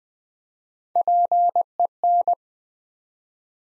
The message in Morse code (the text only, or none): PEN